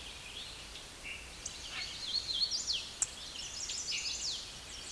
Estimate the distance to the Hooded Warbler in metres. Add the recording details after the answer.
about 55 m. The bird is about 25 m above the microphone. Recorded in a Pennsylvania forest on 16 May 2024 at 07:53. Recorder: AudioMoth, point MSD-2181. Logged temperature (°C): 12.8 °C. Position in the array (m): 116 m, 138 m